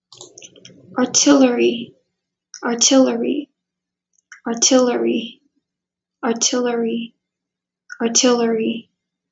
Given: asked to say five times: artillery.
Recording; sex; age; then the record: repeated word; female; 18 to 19 years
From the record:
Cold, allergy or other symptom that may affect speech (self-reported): no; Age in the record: 19 years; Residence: Pennsylvania, United States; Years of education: 12